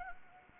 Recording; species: mosquito wingbeat signal from an infrared sensor; Anopheles arabiensis